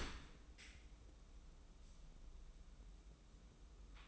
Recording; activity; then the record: daily activity, microphone in the room; open dishwasher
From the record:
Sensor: 1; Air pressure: 994.5 hPa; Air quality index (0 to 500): 216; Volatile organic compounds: 1000 ppm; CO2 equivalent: 7761 ppm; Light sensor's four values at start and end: 138/316/141/156 and 138/318/142/157